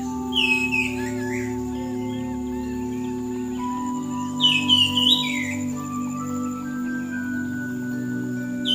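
Bird song in brief bursts of squeaky descending chirps, one near the start and another midway, over a steady low hum and faint tones.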